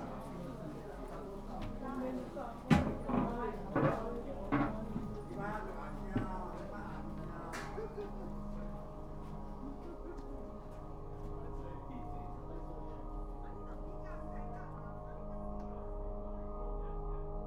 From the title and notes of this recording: Recordings I made on the 25 May 2017 during a day of wandering in Kanazawa, an important cultural town on the west coast of Honshu Japan.